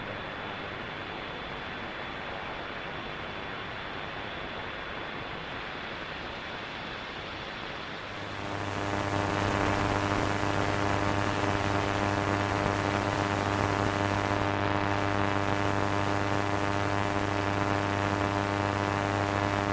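Radio interference begins as a steady hiss of static for about eight seconds. Then it turns louder and brighter, and a buzzing hum with many stacked steady tones sits on top of the static. The buzz holds unchanged to the end.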